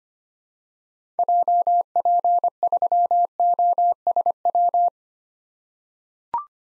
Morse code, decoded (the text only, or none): JP3OSW